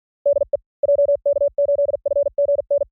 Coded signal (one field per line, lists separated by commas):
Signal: Morse code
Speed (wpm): 46 wpm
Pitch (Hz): 570 Hz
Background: none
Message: DE JK8FGN